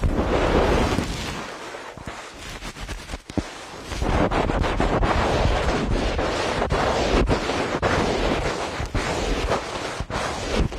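A feather stick being carved: dense, rough scraping with frequent sharp clicks and knocks at an uneven pace. Activity eases around the two-to-four-second mark, then steady strokes resume, over a low, wind-like rumble.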